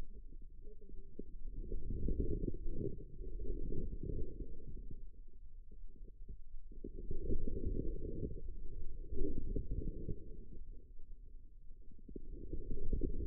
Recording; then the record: forearm muscle sounds (acoustic myography)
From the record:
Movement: inward rotation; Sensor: system 2, bracelet of six BSWA MPA416 microphones around the upper forearm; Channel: 3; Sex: female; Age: 25 years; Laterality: right